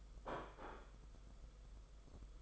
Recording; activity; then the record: daily activity, microphone in the room; place plate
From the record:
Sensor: 5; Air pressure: 991.0 hPa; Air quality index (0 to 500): 140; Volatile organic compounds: 104 ppm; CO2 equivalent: 3782 ppm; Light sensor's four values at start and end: 39/122/46/49 and 39/122/46/49